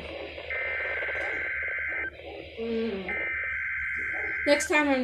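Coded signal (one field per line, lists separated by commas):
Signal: Emergency Alert System (SAME) tones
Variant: header bursts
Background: speech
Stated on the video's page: NOAA Weather Radio required weekly test from the National Weather Service, with valid EAS tones.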